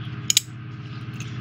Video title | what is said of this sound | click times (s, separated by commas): SIXTEEN 12 Space: 1999 Electronic Alpha Launch Pad with Lights and Sound (2022) | you can hear it click back into place | 0.3 s, 0.4 s